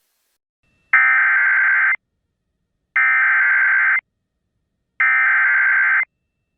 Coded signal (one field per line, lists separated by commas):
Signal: Emergency Alert System (SAME) tones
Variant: header bursts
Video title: MEMORIAL DAY MADNESS | EAS Alerts from 5/30/2022 (EAS #1177-1201)